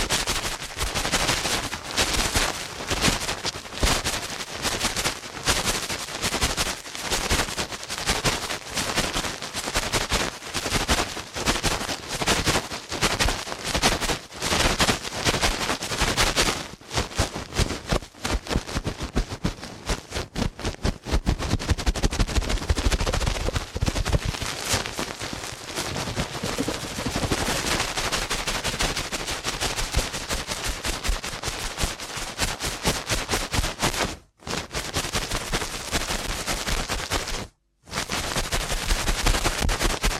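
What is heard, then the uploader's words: Ear cleaning done at a furious pace: rapid, crackling scratches and rubs pile into a dense, unbroken rattle, almost like machine-gun fire. It stays loud and relentless throughout, with only two brief silences near 34 and 37 seconds. ASMR Ear Cleaning at Helicopter Speed.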